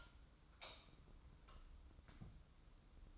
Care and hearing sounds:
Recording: daily activity, microphone in the room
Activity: light off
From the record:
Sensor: 3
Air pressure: 994.4 hPa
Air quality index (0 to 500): 211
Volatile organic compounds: 1000 ppm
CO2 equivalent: 7060 ppm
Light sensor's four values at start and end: 178/430/179/176 and 179/432/181/178

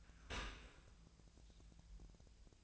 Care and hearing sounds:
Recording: daily activity, microphone in the room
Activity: open dishwasher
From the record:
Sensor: 2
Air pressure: 1000.3 hPa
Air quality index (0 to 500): 166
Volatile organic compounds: 3 ppm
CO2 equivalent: 1380 ppm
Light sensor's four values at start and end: 11/31/12/14 and 11/31/12/14

